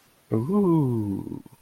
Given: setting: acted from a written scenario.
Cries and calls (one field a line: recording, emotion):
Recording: vocal sound without words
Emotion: desire